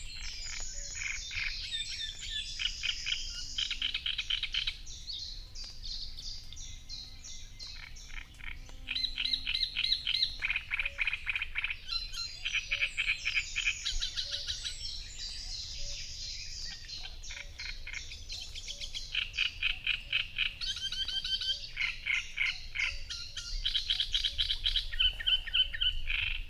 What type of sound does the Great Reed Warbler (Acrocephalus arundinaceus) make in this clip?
song